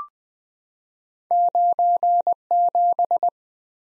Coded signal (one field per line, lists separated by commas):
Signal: Morse code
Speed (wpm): 20 wpm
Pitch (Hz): 700 Hz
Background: none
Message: 97